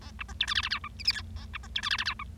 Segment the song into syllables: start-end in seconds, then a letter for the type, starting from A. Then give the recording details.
0.01-0.11 A, 0.19-0.23 B, 0.28-0.33 C, 0.40-0.46 D, 0.47-0.54 E, 0.55-0.61 F, 0.63-0.69 F, 0.70-0.79 G, 0.84-0.88 H, 0.99-1.03 I, 1.05-1.12 J, 1.12-1.21 K, 1.36-1.45 A, 1.53-1.57 B, 1.63-1.67 C, 1.75-1.81 D, 1.83-1.89 E, 1.90-1.97 F, 1.98-2.04 F, 2.05-2.13 G, 2.19-2.23 H. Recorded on 25 March 2012 at 10:00. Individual gy6or6